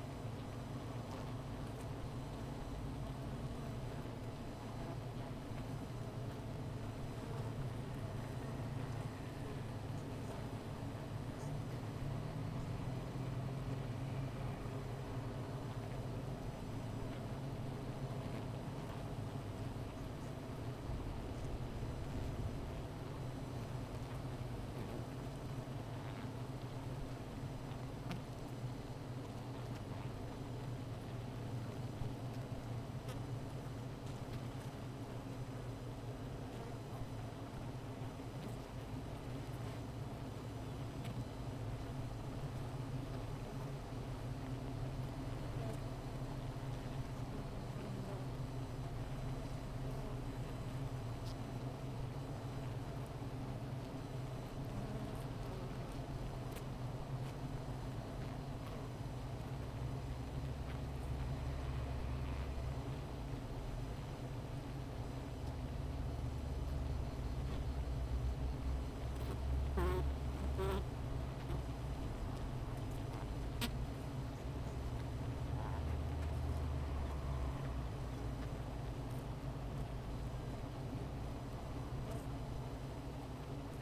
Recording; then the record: honeybee colony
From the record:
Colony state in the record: missing queen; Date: 14 July 2017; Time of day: 15:35